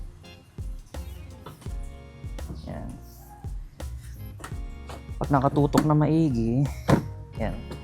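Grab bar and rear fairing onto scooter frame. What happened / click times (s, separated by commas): The plastic panel is handled and lined up but has not clicked home yet / none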